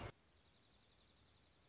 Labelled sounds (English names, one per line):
Dark-eyed Junco